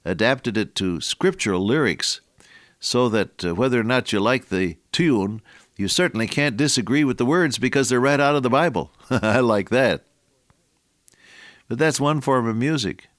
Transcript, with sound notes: adapted it to scriptural lyrics, so that whether or not you like the tune, you certainly can’t disagree with the words because they’re read out of the Bible. [chuckle] I like that. But that’s one form of music.